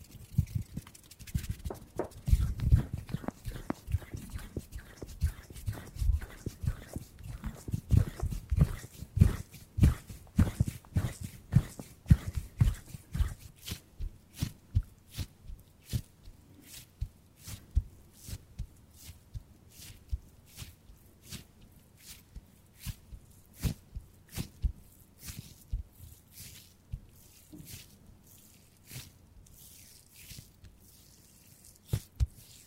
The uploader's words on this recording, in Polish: ASMR DŹWIĘKI DŁONI 40 MINUT! 50+ DŹWIĘKÓW.